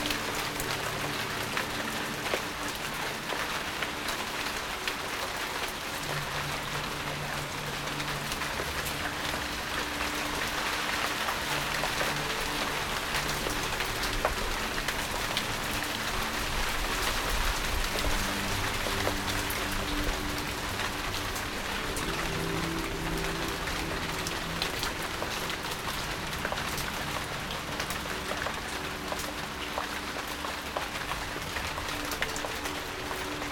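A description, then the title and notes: Rain falls on leaves in a steady, dense patter, with frequent small drop ticks scattered throughout. Beneath it, gentle music plays soft, sustained low tones that shift slowly from note to note. The overall level stays even from start to finish. Rain in the Garden. The sound of rain on leaves with gentle music.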